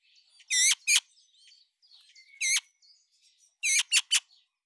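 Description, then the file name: Eurasian magpie calls, loud grating bursts in a pair, a single and a final triplet, separated by quiet chattering and thin whistled fragments. "Pica pica"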